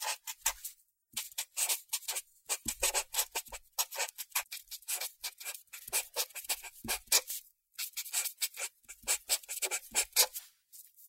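A colored pen scratches quickly across paper in bright strokes, packed tightly in bursts of rapid back-and-forth scribbling. Brief pauses break the rhythm near the first second and again around seven and a half seconds, with a faint low thump now and then.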